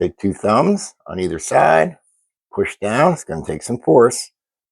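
A second RAM memory module is being pushed down into its motherboard memory slot with two thumbs, one on each end, while someone talks throughout. The part has not seated or clicked yet by the end of the clip.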